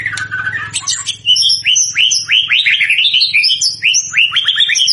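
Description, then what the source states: White-rumped shama song: a fast rich run of rising whistled notes and chirps, varied and continuous, over a faint low hum. Lure used to make the bird respond; bird described as gacor (energetic, frequent singer).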